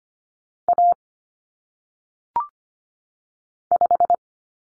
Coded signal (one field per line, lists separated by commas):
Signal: Morse code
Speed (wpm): 25 wpm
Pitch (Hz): 700 Hz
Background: none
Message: A 5